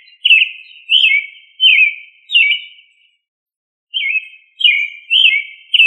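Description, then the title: Thrush song: clear, bright slurred notes dropping in pitch, delivered in quick bursts, with a pause of about a second midway. "Familia Turdidae - Sabia"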